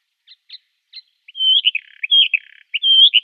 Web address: Schulze Peter Eastern Orphean Warbler song